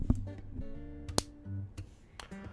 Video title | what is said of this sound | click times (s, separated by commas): Let's put together some Legos! (a Christmas tree(40573) + Lego star wars advent calender (75418)) | Ooh, that's a satisfying click. | 1.2 s